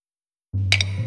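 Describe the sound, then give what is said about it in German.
Two quick, bright clinks of glasses touching in a toast, ringing high over a steady low hum that begins just before them after a moment of silence. “Prost.”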